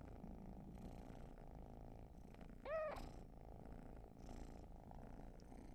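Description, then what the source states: Cat purring softly and continuously, interrupted midway by a short rising-falling meow-like chirp before the rumble resumes. Long purring session, raw field recording.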